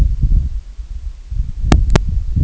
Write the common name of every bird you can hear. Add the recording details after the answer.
none. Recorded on Arctic tundra, site IGLO-A, on 25 June 2018. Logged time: 01:59